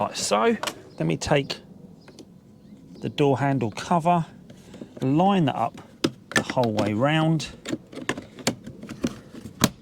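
Someone talks while handling a plastic door handle cover, lining it up all the way around against the door trim panel of a Ford Fiesta Mk7. A few short, sharp handling taps are heard near the end, but nothing has seated or clicked into place yet.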